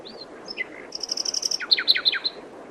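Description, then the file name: Common nightingale song phrase: a few varied whistled notes, then a fast rattle of repeated high notes and a series of quick descending slurred chips. "Luscinia megarhynchos"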